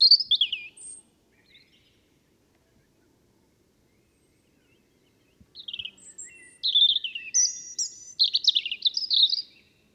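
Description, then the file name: European robin singing high, thin warbling phrases: a short tumbling burst, a pause, then longer liquid, trilling runs that rise and fall quickly. The background is otherwise quiet. "Erithacus rubecula"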